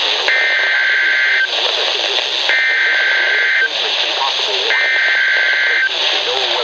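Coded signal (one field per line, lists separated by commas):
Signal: Emergency Alert System (SAME) tones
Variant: header bursts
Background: speech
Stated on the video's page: Two severe thunderstorm warnings from weather service offices, recorded from a Midland WR-100 and a Radioshack 12-993 weather radio.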